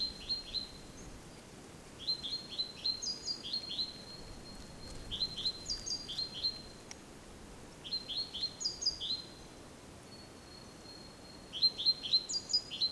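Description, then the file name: Great tit repeating short bursts of high, chattering notes, five series throughout, over steady low background noise. "Parus major"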